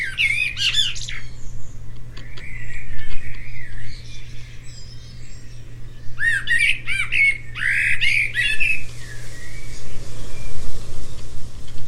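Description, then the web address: Bird calls: bursts of squeaky, chattering chirps and squawks, with quieter warbled notes between them and a steady low hum behind. "Deverinetal. Bird Only"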